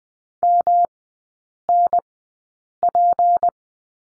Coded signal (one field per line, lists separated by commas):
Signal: Morse code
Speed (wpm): 20 wpm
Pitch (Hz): 700 Hz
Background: none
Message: MNP